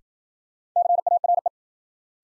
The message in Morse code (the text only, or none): CARE